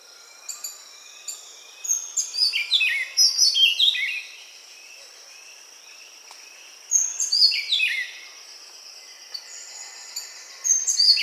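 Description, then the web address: Buff-throated saltator calling: bursts of high, slurred descending notes in phrases separated by quiet, with other faint chirps and a soft background hiss. Recorded in Peru, in the Amazon. "Birds of the Amazon 3. Buff-throated Saltator (Saltator maximus), Peru"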